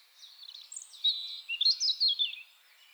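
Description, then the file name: European robin delivering a short warbled phrase of wavering high whistles and squeaky notes that rise and fall, then fade. "Erithacus rubecula"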